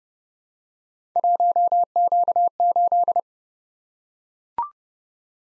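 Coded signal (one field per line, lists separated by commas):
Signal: Morse code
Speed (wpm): 30 wpm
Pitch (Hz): 700 Hz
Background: none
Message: 1Q8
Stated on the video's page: Morse code head-copy drill at 30 wpm: random three-character letter-number groups, each sent, spoken, then sent again.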